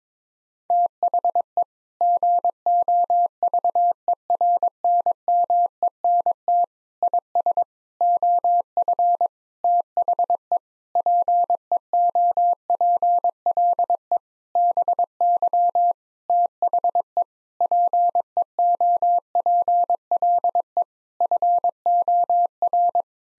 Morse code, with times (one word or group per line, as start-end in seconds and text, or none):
0.7-1.6 THE
2.0-6.6 GOVERNMENT
7.0-7.6 IS
8.0-9.3 OF
9.6-10.6 THE
11.0-14.2 PEOPLE
14.6-15.9 BY
16.3-17.2 THE
17.6-20.8 PEOPLE
21.2-23.0 FOR